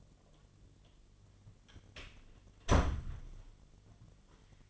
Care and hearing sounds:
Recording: daily activity, microphone in the room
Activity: close door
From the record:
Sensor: 4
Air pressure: 1007.9 hPa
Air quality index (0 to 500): 184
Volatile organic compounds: 6 ppm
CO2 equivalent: 1840 ppm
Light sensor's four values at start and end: 23/73/28/27 and 24/75/28/28

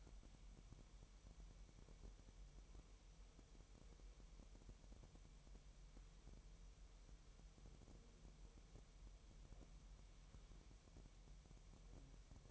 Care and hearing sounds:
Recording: daily activity, microphone in the room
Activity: wipe stove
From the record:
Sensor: 1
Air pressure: 1000.9 hPa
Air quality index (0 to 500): 248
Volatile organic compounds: 147 ppm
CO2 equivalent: 4012 ppm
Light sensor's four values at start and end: 12/28/11/12 and 12/28/11/12

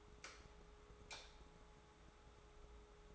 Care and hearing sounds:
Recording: daily activity, microphone in the room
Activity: light on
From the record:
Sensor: 3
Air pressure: 1010.2 hPa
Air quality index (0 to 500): 168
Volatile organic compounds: 10 ppm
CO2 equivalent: 2202 ppm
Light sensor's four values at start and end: 46/115/50/55 and 49/123/54/58

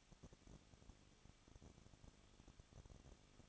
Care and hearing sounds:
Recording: daily activity, microphone in the room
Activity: no activity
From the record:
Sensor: 4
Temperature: 23.0 degrees Celsius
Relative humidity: 34.2%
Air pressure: 1007.2 hPa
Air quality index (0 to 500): 217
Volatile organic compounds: 15 ppm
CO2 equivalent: 2509 ppm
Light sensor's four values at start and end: 2/3/1/1 and 2/3/1/1

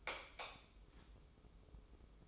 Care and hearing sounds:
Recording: daily activity, microphone in the room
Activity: light off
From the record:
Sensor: 1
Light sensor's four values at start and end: 14/42/16/17 and 11/26/10/11

